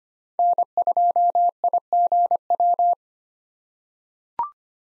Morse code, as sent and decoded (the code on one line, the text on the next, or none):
-. ..--- .. --. .--
N2IGW